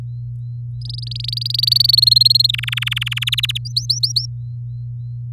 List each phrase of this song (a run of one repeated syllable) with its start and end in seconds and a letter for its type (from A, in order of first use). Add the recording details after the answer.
0.81-1.91 A, 1.93-2.51 B, 2.53-3.19 C, 3.21-3.58 D, 3.65-4.26 E. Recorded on 4 May 2018 at 07:23. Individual llb16